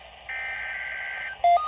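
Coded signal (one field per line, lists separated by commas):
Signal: Emergency Alert System (SAME) tones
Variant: header bursts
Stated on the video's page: Required weekly test of the Emergency Alert System for the Shearon Harris Nuclear Plant.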